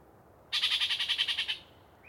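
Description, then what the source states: Yellow-breasted chat delivering a rapid run of about eleven high, rattling notes over one second, followed by a faint rising whistle. Particularly chatty bird giving a long, sustained pre-dawn song from deciduous cover.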